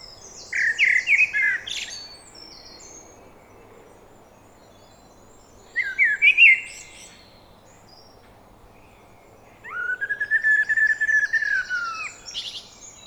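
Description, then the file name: Common blackbird singing three mellow, fluty phrases with squeaky high notes, spaced a few seconds apart. "Turdus merula"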